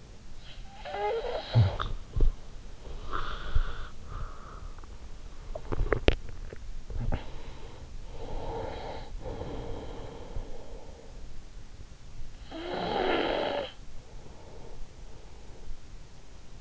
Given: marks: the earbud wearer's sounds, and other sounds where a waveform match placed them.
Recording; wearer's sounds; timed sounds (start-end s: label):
sounds in sleep by an in-ear microphone; snoring breath, teeth grinding, swallowing, breath
0.37-4.16 s: snoring breath
5.25-6.66 s: teeth grinding
6.66-8.01 s: swallowing
8.01-11.29 s: breath
12.17-14.37 s: snoring breath